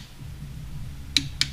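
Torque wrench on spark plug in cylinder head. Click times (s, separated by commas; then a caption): 1.2 s. A click-type torque wrench set to 18 Nm tightens a spark plug into the aluminium cylinder head of a 2007 Honda Accord. Over a low steady hum, the wrench gives a sharp click at 1.2 s that marks the set torque has been reached, and a second sharp click follows at 1.4 s.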